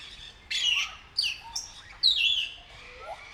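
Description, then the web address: Grey parrot giving loud whistled notes mixed with harsh squawks, four strong calls in quick succession with a softer low note at the end. Captive bird at Nyíregyháza Zoo, 2019. "allathangok nyiregyhazizoo 2019 professzionalis jako papagaj hosszabban nyiregyhaza"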